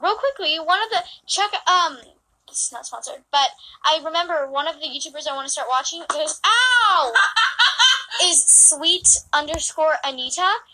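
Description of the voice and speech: Fluent conversational speech from an adult woman with Tourette syndrome, broken by a sudden, drawn-out "ow" interjection mid-sentence, a vocal tic. Her tics are verbal and physical, compulsive, impulsive, repetitive and daily.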